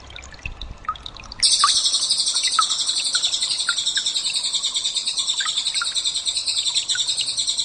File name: versi pendek suara burung cililin dan gemericik air omkicau